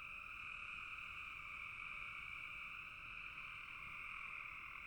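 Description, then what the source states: Dense frog chorus, a continuous high trilling buzz at two pitches, even in loudness from start to finish. Frogs calling in a bog.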